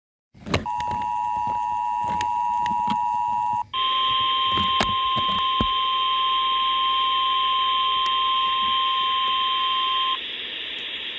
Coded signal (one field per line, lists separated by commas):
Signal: Emergency Alert System (SAME) tones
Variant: 853 and 960 Hz attention tone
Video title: Eas Alert 11 Tornado Warning